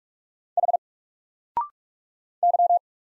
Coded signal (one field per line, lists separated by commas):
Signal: Morse code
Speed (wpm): 45 wpm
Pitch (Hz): 700 Hz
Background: none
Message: H Y